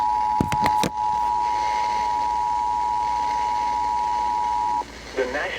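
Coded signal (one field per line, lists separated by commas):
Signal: Emergency Alert System (SAME) tones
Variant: 853 and 960 Hz attention tone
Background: speech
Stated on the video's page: One of 53 EAS alerts recorded over about ten hours in a single day.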